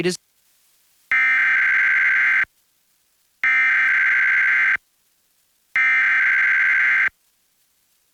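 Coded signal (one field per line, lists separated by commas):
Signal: Emergency Alert System (SAME) tones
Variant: header bursts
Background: speech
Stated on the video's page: EAS Required Monthly Test relayed by KOAC-FM and KPME-CD, recorded off-air; KPME received via a low-powered translator whose signal comes and goes.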